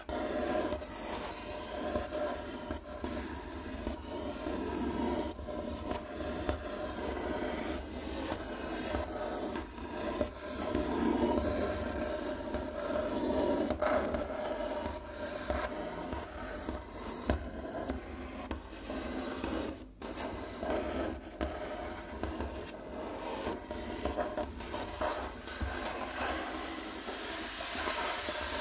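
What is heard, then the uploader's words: Rubbing and scratching on a wooden table, continuous for the whole stretch, with a dry, grainy texture and a low rumble underneath. The strokes shift pattern as it goes, with short sharper scrapes around ten, fourteen and twenty seconds. ASMR Rubbing & Scratching on a Wooden Table Changing Patterns (NO TALKING).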